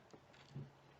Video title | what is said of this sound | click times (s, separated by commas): 4 videos Kia Picanto / Replace Air Filter / Low Tire Pressure / Open Fuel Door / Pair Bluetooth | just simply push it until you hear the click all | 0.1 s, 0.5 s